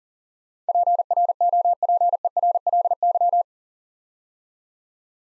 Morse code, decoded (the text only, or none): PROPERLY